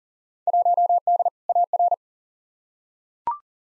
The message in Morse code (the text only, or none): 1D AR